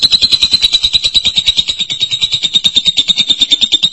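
Lovebird giving a long, rapid, buzzy trill of high chattering notes, steady and unbroken for the whole four seconds.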